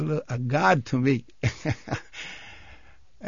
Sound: he laughs

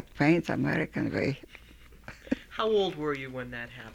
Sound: laughs

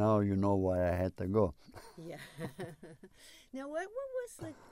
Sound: they laugh

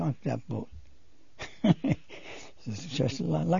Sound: he laughs

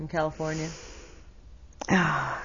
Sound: sighs

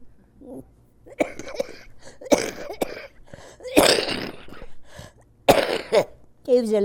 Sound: coughs

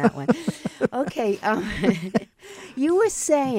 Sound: chuckles

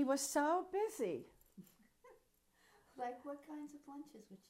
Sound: chuckles

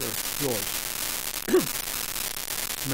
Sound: coughs

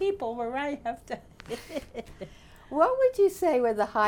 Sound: laughs

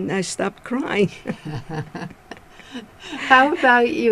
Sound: they all laugh

